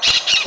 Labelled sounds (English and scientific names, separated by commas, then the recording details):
Brown-throated Parakeet (Eupsittula pertinax) contact call
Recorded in Venezuela
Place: Ocumare, La Boca, salina
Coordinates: 10.488, -67.763